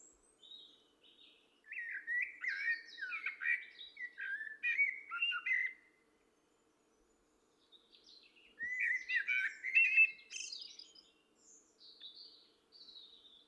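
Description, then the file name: Common blackbird song: two phrases of mellow fluted warbling mixed with high, squeaky twitters, separated by a short pause. "Turdus merula"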